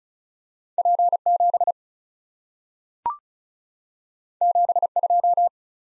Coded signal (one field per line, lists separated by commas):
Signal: Morse code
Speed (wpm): 36 wpm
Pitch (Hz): 700 Hz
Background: none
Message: P7 72